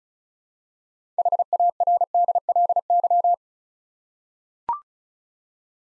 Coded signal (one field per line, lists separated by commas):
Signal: Morse code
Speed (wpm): 36 wpm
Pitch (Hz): 700 Hz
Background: none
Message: HARDLY